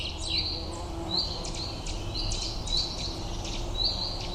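Bird calls as short level whistles and thin downward strokes repeated about once a second, over a loud, steady low-pitched rumble.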